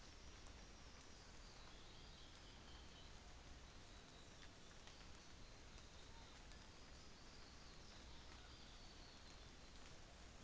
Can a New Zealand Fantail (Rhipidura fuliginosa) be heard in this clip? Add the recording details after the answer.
no. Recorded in New Zealand on 24 December 2018. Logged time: 09:00